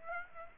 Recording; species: mosquito wingbeat signal from an infrared sensor; Aedes aegypti